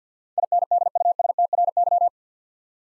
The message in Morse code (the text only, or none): INDUSTRY